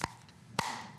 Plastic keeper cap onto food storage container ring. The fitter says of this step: hear the snap nice